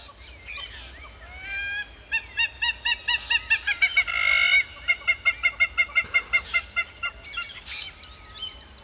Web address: sound Hamerkop